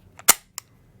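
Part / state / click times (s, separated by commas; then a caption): magazine into less-lethal launcher / seated / 0.3 s. A magazine for a Chiappa LTL Charlie less-lethal launcher is pushed into the launcher's magazine well and locks solidly into place with a loud, sharp snap at 0.3 s. A faint tick at 0.2 s comes just before it, and a short, bright tick follows at 0.6 s. The clip is otherwise quiet.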